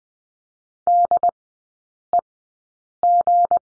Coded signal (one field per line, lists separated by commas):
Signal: Morse code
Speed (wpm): 20 wpm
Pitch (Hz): 700 Hz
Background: none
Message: DEG